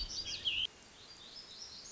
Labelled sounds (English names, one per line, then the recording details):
Black-throated Gray Warbler
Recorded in Sonoma County, California